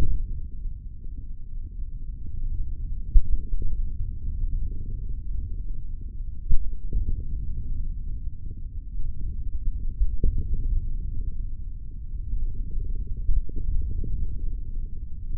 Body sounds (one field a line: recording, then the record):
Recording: forearm muscle sounds (acoustic myography)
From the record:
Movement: hand opening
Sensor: system 3, bracelet of six PUI Audio POM-2738L microphones around the upper forearm, with dedicated amplification and filtering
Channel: 2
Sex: male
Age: 23 years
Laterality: right